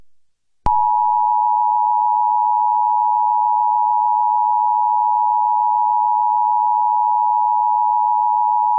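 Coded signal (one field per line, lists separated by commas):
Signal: Emergency Alert System (SAME) tones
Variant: 853 and 960 Hz attention tone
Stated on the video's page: Mock recreation of the 2020 National Periodic Test using valid EAS tones.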